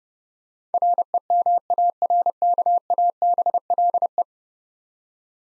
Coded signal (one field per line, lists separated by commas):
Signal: Morse code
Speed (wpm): 32 wpm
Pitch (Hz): 700 Hz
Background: none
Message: REMARKABLE